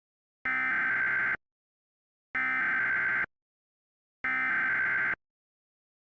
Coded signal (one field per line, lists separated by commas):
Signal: Emergency Alert System (SAME) tones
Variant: header bursts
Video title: [EAS Scenario] Millennium Schism: REDUX (Alternate History ULTIMATE EDITION) (REUPLOAD)